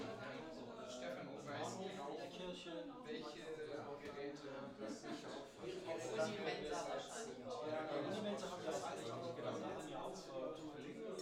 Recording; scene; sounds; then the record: everyday scene through a hearing-aid microphone; many people talking; many voices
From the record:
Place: bistro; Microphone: in the ear canal, left